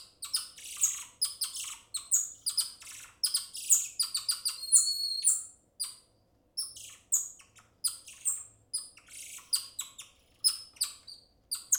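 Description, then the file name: Golden lion tamarin chirps, rapid high-pitched squeaks and short whistled trills tumbling in quick bursts, with brief pauses between runs. "Digiffects Sound Effects Library - Golden Lion Tamarin Monkey"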